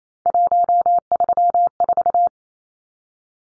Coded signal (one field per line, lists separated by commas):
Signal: Morse code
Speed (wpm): 28 wpm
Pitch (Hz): 700 Hz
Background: none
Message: 134